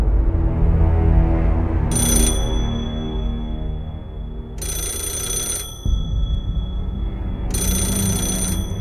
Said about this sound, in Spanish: El teléfono negro anuncia que son las 3:30 en punto de la madrugada.